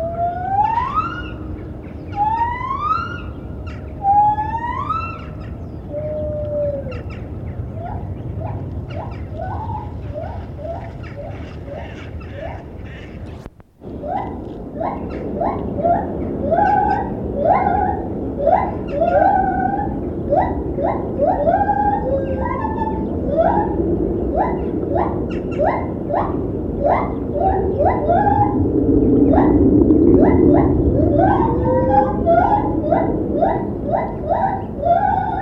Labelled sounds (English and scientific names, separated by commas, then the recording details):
Lar Gibbon (Hylobates lar)
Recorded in captivity
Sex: pair
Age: adult
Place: Tierpark Berlin, Berlin, DE
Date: 1972-12-16
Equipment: Uher 4200 Report Stereo, Sennheiser MD 421
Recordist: Tembrock, Günter